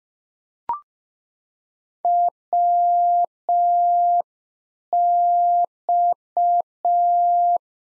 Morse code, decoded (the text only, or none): WX